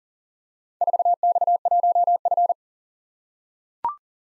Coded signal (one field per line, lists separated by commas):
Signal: Morse code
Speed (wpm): 40 wpm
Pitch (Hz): 700 Hz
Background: none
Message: 4X1F